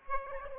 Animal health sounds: mosquito wingbeat signal from an infrared sensor; Aedes aegypti

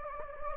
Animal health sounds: mosquito wingbeat signal from an infrared sensor; Anopheles gambiae

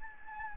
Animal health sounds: mosquito wingbeat signal from an infrared sensor; Anopheles gambiae

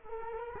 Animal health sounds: mosquito wingbeat signal from an infrared sensor; Culex quinquefasciatus

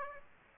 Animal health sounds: mosquito wingbeat signal from an infrared sensor; Aedes aegypti

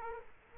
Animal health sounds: mosquito wingbeat signal from an infrared sensor; Culex quinquefasciatus

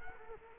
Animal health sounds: mosquito wingbeat signal from an infrared sensor; Culex quinquefasciatus

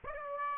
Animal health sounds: mosquito wingbeat signal from an infrared sensor; Aedes aegypti

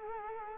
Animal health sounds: mosquito wingbeat signal from an infrared sensor; Culex quinquefasciatus

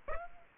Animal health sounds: mosquito wingbeat signal from an infrared sensor; Aedes aegypti

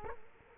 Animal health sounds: mosquito wingbeat signal from an infrared sensor; Culex quinquefasciatus

